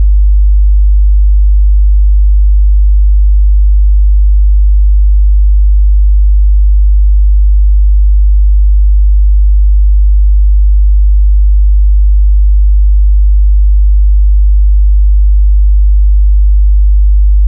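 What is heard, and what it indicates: A steady, unbroken deep hum, about 50 Hz, holds at one pitch and loudness for the whole 17 seconds. It is a pure test tone for determining the pitch of a person's tinnitus, here at the low end of the range.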